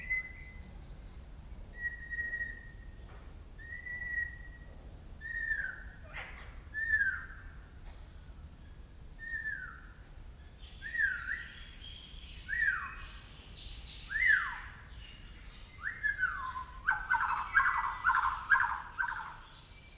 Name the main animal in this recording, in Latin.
Copsychus malabaricus